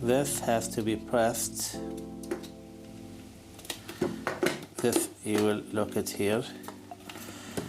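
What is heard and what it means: A plastic attachment part is turned on a Clikon multipurpose electric chopper to lock it into place, while someone talks over background music. Light plastic handling taps and knocks are heard, but the part has not seated or clicked into place yet.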